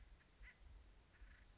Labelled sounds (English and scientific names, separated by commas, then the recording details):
Acorn Woodpecker (Melanerpes formicivorus)
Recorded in Sonoma County, California